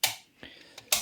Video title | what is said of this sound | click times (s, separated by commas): BSEED - 4 Smarthome-Produkte in der Review (Steckdosen, Lichtschalter, Sensor und Rollladenschalter) | alles eingeklipst und dann schalten wir mal den Strom ein. | 0.0 s, 0.9 s